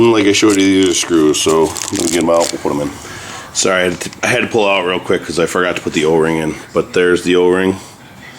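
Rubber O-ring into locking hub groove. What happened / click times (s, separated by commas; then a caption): A seal is handled but nothing has seated yet; no seating click is heard / none. A rubber O-ring is handled for the groove of a Ford F-350 front locking hub during a hub replacement, with the O-ring having been forgotten at first. Someone talks throughout over light handling noise. The clip ends before anything has seated or clicked.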